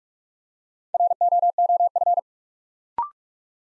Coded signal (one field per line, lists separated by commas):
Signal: Morse code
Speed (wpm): 44 wpm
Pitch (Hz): 700 Hz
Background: none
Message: ROOF